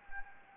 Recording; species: mosquito wingbeat signal from an infrared sensor; Anopheles gambiae